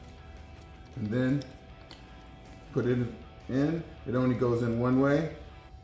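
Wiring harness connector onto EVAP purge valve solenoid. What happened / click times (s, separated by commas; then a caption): The connector is being fitted but has not yet clicked home / none. Someone talks while a wiring harness electrical connector is handled and pushed toward the EVAP vapor canister purge control valve solenoid on a 2013-2022 RAM 1500 Classic 3.6L; the connector only fits one way, and the bad solenoid is being replaced. A short sharp tick is heard at about 1.9 s, but the connector has not yet seated or clicked into place.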